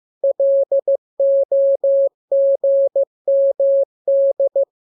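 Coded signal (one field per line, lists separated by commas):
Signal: Morse code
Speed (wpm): 15 wpm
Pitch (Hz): 550 Hz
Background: none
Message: LOGMD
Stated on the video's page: Morse lesson drill of letters, numbers and punctuation as radiograms opening with VVV and = and ending with AR.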